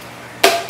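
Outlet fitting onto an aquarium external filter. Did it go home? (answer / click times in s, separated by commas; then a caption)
yes / 0.4 s. The plastic outlet fitting of a UV external aquarium filter is pushed into place and seats with a single sharp snap at 0.4 s. The snap rings briefly and fades over about a quarter second against quiet background hiss, and the fitting is seated.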